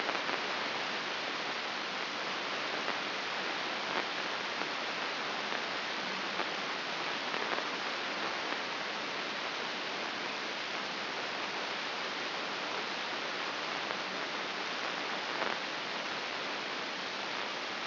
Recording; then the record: brain microelectrode recording played as sound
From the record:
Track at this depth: outside the subthalamic nucleus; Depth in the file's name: 5.02 mm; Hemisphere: left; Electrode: 2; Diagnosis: Parkinson's disease